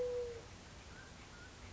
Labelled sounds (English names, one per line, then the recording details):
Mountain Quail
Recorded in Sonoma County, California